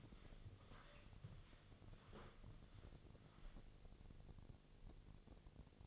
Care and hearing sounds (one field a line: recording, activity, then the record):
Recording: daily activity, microphone in the room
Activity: walk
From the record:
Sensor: 4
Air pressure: 1001.3 hPa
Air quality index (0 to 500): 178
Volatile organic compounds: 2 ppm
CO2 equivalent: 1284 ppm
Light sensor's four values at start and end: 14/31/13/13 and 14/32/13/13